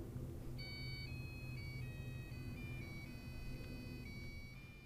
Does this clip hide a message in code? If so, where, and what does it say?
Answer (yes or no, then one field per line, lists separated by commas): no